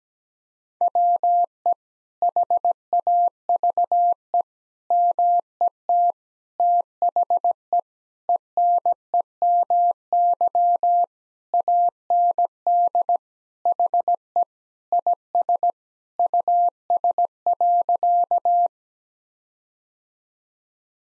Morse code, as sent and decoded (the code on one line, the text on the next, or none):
.-- . / .... .- ...- . / -- . - / - .... . / . -. . -- -.-- / .- -. -.. / .... . / .. ... / ..- ... .-.-.-
WE HAVE MET THE ENEMY AND HE IS US.